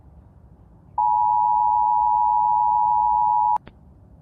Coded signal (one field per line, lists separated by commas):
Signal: Emergency Alert System (SAME) tones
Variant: 853 and 960 Hz attention tone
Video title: Rating eas alarms part 1 (super bad)